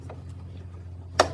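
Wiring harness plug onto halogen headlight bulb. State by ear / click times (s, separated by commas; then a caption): seated / 1.2 s. A wiring harness connector is slid onto the back of a halogen headlight bulb on a 2021–2023 Hyundai Elantra until it latches. Over a steady low hum and a faint tick near 0.1 s, a sharp, loud click at 1.2 s marks the connector seating onto the bulb.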